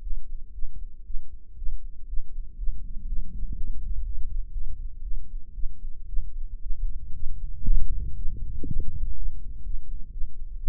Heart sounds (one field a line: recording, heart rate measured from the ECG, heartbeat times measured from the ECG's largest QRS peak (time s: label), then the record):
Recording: heart sounds by microphone in the right ear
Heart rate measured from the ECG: 119 bpm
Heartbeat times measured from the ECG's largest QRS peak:
0.01 s: heartbeat
0.53 s: heartbeat
1.05 s: heartbeat
1.56 s: heartbeat
2.07 s: heartbeat
2.57 s: heartbeat
3.07 s: heartbeat
3.55 s: heartbeat
4.03 s: heartbeat
4.52 s: heartbeat
5.02 s: heartbeat
5.54 s: heartbeat
6.07 s: heartbeat
6.60 s: heartbeat
7.13 s: heartbeat
7.65 s: heartbeat
8.16 s: heartbeat
8.66 s: heartbeat
9.16 s: heartbeat
9.64 s: heartbeat
10.11 s: heartbeat
10.58 s: heartbeat
From the record:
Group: healthy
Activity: rest 0-9 s, Valsalva maneuver 9-11 s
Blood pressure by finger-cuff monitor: 125/77 mmHg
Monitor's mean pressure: 91 mmHg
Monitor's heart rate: 118 bpm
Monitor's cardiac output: 9.3 L/min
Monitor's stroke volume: 79 mL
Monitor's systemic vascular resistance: 720 dyn s/cm5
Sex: female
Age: 19 years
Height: 163 cm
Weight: 51 kg